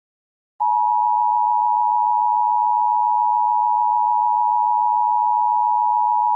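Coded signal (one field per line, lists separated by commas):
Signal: Emergency Alert System (SAME) tones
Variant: 853 and 960 Hz attention tone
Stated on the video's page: Fictional Emergency Alert System scenario, not a real alert.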